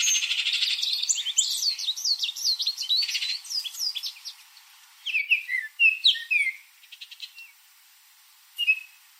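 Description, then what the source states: Bird calls, dense and chattering at first with many overlapping high chirps, then thinning to a few separate swept notes and a final single chirp. Arizona.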